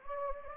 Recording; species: mosquito wingbeat signal from an infrared sensor; Anopheles gambiae